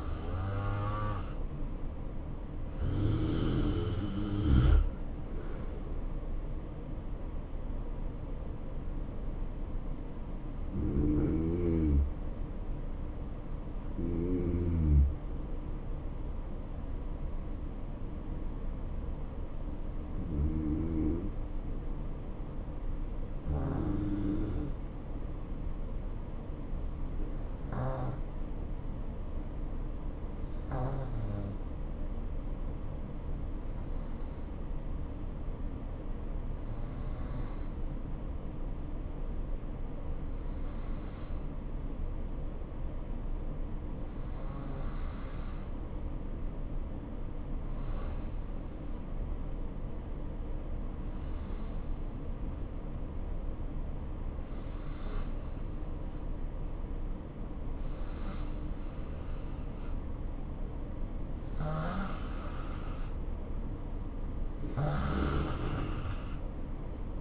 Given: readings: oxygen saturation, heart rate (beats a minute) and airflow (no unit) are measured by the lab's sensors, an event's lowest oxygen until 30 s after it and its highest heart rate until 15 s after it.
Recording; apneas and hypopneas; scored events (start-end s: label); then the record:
breathing in sleep by a smartphone at the bedside; 1
17.00-59.00 s: hypopnea (N2, oxygen 94% highest, then 88% lowest, heart rate 69 at the start, 70 highest)
From the record:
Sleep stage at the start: N2 (light sleep); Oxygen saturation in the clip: 89 to 94%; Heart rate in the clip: 63 to 73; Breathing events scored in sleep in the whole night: 277 in 7.4 hours asleep